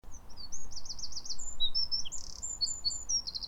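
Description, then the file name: Eurasian wren singing: a rapid run of very high trills and sharp chattering notes, fast and varied for over three seconds, over a low rumbling background. "Troglodytes troglodytes"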